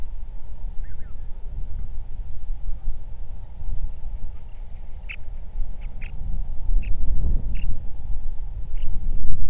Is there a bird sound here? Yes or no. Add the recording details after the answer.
yes. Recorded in the Prudhoe Bay oil fields, Alaska, on 31 July 2019 at 07:41. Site 24